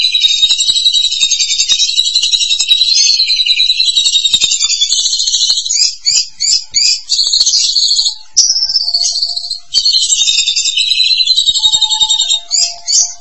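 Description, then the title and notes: Starling song: a long, harsh, buzzy warble of high, grating notes running almost without a break, with brief gaps and stuttered bursts in the second half. "suara burung jalak"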